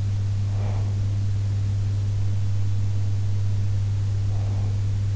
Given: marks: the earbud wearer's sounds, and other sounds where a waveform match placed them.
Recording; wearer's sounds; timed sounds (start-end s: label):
sounds in sleep by an in-ear microphone; breath
0.49-1.19 s: breath
4.06-5.09 s: breath